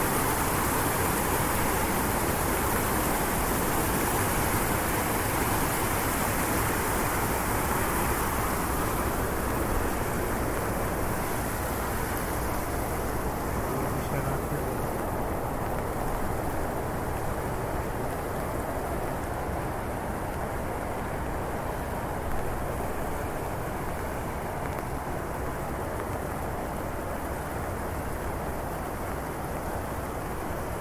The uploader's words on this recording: Walking in the rain streets of Switzerland with a very high-definition binaural microphone.